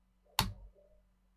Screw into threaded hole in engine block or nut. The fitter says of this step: you hear that click you then screw this way because that's when the thread has just dropped into